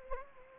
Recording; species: mosquito wingbeat signal from an infrared sensor; Anopheles gambiae